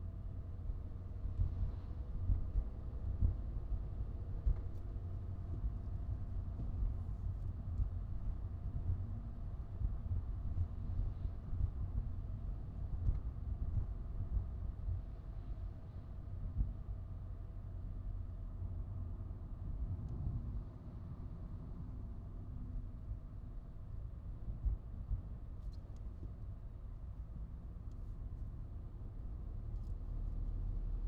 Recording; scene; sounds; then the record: everyday scene through a hearing-aid microphone; in a vehicle; engine, highway driving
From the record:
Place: Skoda Fabia, gasoline engine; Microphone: in the ear canal, right